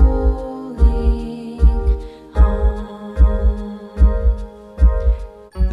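Steady, deep heartbeat thumps come at about 74 beats a minute in a regular, paired lub-dub pattern. A soft sustained tonal hum, like gentle background music, runs under the beats throughout. It is a heartbeat audio book track meant to help babies go to sleep.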